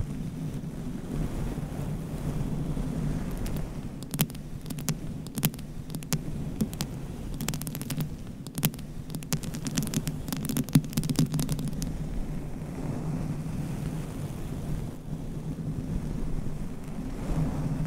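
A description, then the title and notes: Scratching, tapping and brushing on a homemade microphone cover, over a steady low rumbling hum. Sharp clicks and taps come in irregular bursts, thickest from about four to twelve seconds, then thin out. The final stretch is mostly the muffled rumble. ASMR Mic Scratching - Tapping & Brushing on DIY Mic Cover. No Talking.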